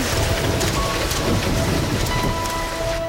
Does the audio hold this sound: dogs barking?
no